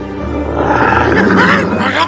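Tigers roar and snarl as they pounce in a frenzy, a loud, continuous burst of rough, throaty growling that swells and holds steady for about two seconds, with a deep rumble beneath harsher upper tones.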